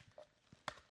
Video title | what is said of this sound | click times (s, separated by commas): NEW FANTTIK BF10 PRO Handheld Blower on AMAZON - Can It Beat Ryobi? | You hear that click? | 0.7 s